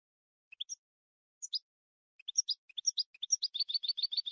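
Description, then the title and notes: European goldfinch singing: separate sharp high chirps at first, then quickening into a dense, tinkling twitter of repeated notes; clean background. Clean goldfinch song recording made as training material for teaching song to other birds. "Cd de canto de jilguero limpio para copia."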